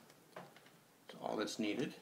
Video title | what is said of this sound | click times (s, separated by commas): Laptop screen replacement / How to replace laptop screen Toshiba SATELLITE L745-S4310 | simply putting a little minor pressure on it you can get clicked back into place to | 0.1 s, 0.4 s, 0.6 s, 1.1 s